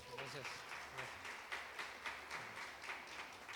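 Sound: audience applause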